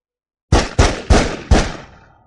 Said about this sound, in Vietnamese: Liên tiếp 4 tiếng súng.